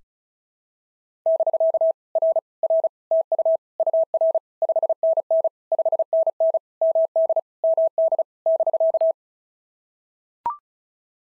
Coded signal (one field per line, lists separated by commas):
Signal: Morse code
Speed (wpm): 33 wpm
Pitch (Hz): 660 Hz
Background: none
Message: <BK> R R TU UR 5NN 5NN MD MD <BK>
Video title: POTA QSO Practice - 35wpm